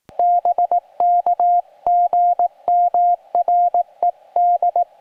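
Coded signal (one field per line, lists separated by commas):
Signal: Morse code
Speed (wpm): 18 wpm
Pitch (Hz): 700 Hz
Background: none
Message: BK GM RED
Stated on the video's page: SOTA summit activation in CW.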